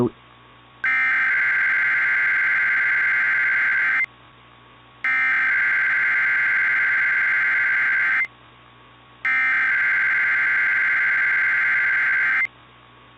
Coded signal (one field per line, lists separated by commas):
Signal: Emergency Alert System (SAME) tones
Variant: header bursts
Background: speech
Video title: EAS Scenario - The Shearon-Harris Incident